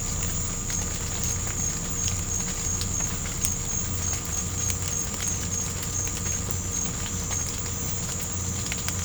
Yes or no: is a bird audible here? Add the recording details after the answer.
no. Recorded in pastures near Puerto Asís, Putumayo, Colombia, on 18 December 2024 at 00:30. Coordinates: 0.505, -76.324. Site G063